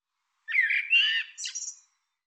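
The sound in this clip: Bird call: a harsh, squawking phrase of buzzy, wavering notes, dropping briefly before a higher, scratchy burst at the end.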